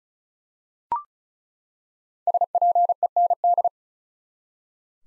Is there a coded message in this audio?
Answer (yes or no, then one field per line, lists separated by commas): yes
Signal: Morse code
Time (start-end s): 2.3-3.7 s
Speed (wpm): 36 wpm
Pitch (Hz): 700 Hz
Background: none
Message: SPEND